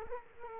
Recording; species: mosquito wingbeat signal from an infrared sensor; Culex quinquefasciatus